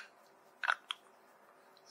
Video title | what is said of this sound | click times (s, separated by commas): Disassembling and cleaning a Plantower PMS5003 dust sensor | snaps back into place and we are in business | 0.9 s